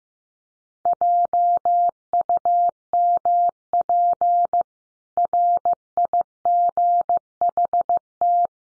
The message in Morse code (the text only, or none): JUMP RIGHT